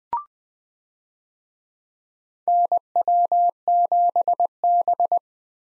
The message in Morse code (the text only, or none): NW7B